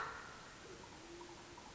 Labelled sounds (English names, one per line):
Band-tailed Pigeon